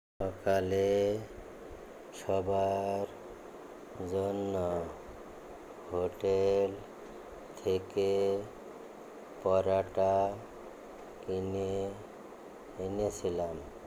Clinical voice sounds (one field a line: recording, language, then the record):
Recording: elicited speech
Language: Bengali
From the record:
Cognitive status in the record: dementia